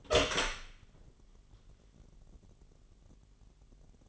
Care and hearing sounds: daily activity, microphone in the room; open door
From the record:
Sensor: 4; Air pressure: 999.2 hPa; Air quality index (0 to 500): 114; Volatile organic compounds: 2 ppm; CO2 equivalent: 1128 ppm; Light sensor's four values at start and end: 12/28/11/12 and 12/28/11/13

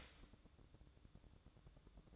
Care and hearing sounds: daily activity, microphone in the room; start toaster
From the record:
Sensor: 3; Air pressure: 1007.0 hPa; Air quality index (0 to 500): 53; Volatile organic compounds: 1 ppm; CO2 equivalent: 589 ppm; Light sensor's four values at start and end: 8/19/8/8 and 8/19/8/8

